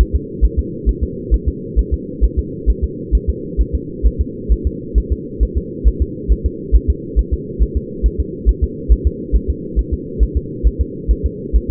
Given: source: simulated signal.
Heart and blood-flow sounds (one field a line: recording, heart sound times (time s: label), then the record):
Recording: fetal heart sounds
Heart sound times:
0.01 s: S1
0.16 s: S2
0.45 s: S1
0.59 s: S2
0.89 s: S1
1.03 s: S2
1.34 s: S1
1.48 s: S2
1.79 s: S1
1.94 s: S2
2.24 s: S1
2.39 s: S2
2.70 s: S1
2.84 s: S2
3.15 s: S1
3.30 s: S2
3.61 s: S1
3.75 s: S2
4.06 s: S1
4.21 s: S2
4.52 s: S1
4.67 s: S2
4.98 s: S1
5.12 s: S2
5.43 s: S1
5.57 s: S2
5.88 s: S1
6.02 s: S2
6.32 s: S1
6.46 s: S2
6.75 s: S1
6.90 s: S2
7.19 s: S1
7.34 s: S2
7.62 s: S1
7.77 s: S2
8.06 s: S1
8.20 s: S2
8.49 s: S1
8.64 s: S2
8.92 s: S1
9.07 s: S2
9.36 s: S1
9.50 s: S2
9.79 s: S1
9.93 s: S2
10.23 s: S1
10.37 s: S2
10.67 s: S1
10.81 s: S2
11.11 s: S1
11.26 s: S2
11.56 s: S1
11.71 s: S2
From the record:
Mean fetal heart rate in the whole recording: 135 bpm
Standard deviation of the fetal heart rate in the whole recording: 3 bpm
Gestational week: 34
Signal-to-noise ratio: -4.1 dB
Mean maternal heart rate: no maternal heart sound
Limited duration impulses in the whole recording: absent